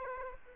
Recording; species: mosquito wingbeat signal from an infrared sensor; Aedes aegypti